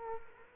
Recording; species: mosquito wingbeat signal from an infrared sensor; Culex quinquefasciatus